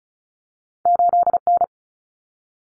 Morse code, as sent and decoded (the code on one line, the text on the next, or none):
---.. -.
8N